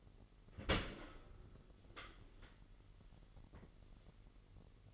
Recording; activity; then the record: daily activity, microphone in the room; open dishwasher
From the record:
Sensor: 4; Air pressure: 999.2 hPa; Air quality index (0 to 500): 121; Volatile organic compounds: 2 ppm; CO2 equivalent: 1190 ppm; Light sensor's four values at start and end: 9/21/8/9 and 9/21/8/9